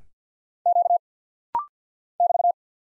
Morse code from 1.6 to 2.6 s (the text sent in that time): <BT>